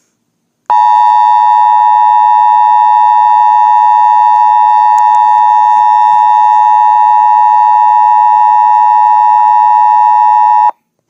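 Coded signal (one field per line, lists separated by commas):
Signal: Emergency Alert System (SAME) tones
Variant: 853 and 960 Hz attention tone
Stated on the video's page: Parody EAS alert, simulated.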